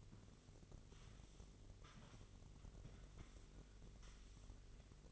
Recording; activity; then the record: daily activity, microphone in the room; sweep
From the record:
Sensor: 4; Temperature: 27.9 degrees Celsius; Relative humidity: 34.3%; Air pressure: 1002.4 hPa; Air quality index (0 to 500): 216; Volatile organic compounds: 12 ppm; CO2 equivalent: 2330 ppm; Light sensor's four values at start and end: 19/69/25/25 and 19/69/25/25